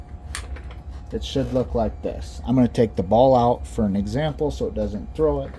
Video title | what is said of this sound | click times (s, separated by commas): Switch Hitter to WHAC | until it locks into place. | 0.4 s